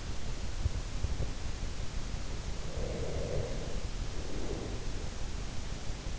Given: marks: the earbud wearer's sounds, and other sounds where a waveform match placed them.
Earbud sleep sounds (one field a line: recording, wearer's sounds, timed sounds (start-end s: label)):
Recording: sounds in sleep by an in-ear microphone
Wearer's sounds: breath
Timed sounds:
2.63-5.11 s: breath